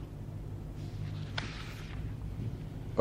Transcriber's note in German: blättert Papier